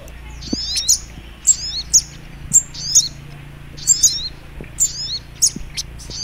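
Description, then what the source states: Little spiderhunter singing thin, high, zipping twitters, each phrase brief and repeated at uneven intervals, over a soft low hum. Masteran training recording, labelled Labaik.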